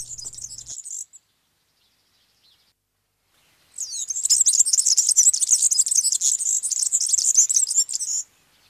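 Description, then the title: European serin singing a fast, high, glittering jangle of squeaky notes, with a brief snatch at the start before a long sustained burst. "Viikon luontoääni: Keltahemppo"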